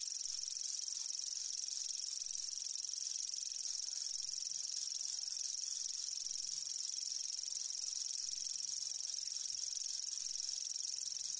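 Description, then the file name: Common grasshopper warbler delivering a continuous high-pitched reel, a rapid, even, cricket-like ticking that never pauses across the whole stretch. "SWIERSZCZAK"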